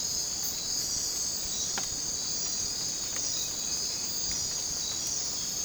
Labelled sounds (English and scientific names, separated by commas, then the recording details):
none
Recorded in dense forest near Puerto Asís, Putumayo, Colombia, on 20 December 2024 at 03:30
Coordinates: 0.466, -76.327
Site G075